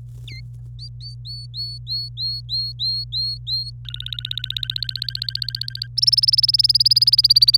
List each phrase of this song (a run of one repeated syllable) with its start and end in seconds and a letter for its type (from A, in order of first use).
0.28-0.40 A, 0.79-3.70 B, 3.85-5.87 C, 5.97-7.57 D